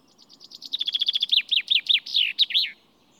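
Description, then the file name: Common chaffinch song: a quick run of bright chipping notes, then slower looping slurred notes, ending in a short flourish. "Fringilla coelebs"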